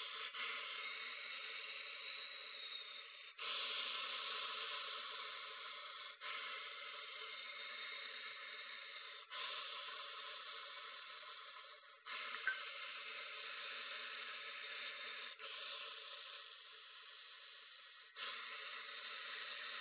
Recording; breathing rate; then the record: paced breathing near a phone; 10 breaths a minute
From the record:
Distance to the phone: 20 cm